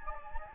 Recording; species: mosquito wingbeat signal from an infrared sensor; Anopheles gambiae